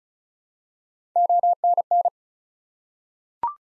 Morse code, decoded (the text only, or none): ONN